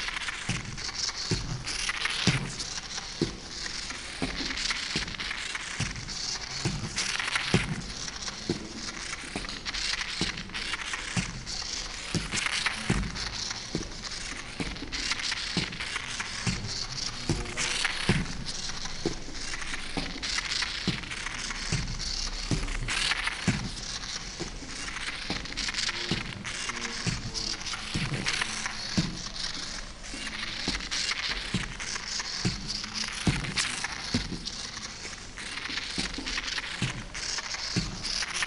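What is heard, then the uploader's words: A kinetic drawing machine runs unattended, making a dense, steady patter of scratchy taps and crackles with frequent soft low thumps throughout. The soundscapes are constructed from recordings of simple autonomous kinetic drawing apparatus that were set up and left to operate for extended periods of time without intervention. Each apparatus is a unique combination of modified turntable, found objects, rods, cables, and pens, in an assemblage suspended from a camera tripod. The sounds were manipulated by layering, time shifting, EQ and other simple effects.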